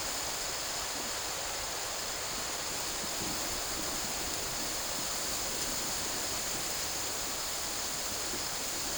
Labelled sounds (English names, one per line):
none